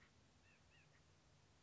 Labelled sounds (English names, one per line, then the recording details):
White-breasted Nuthatch
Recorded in Sonoma County, California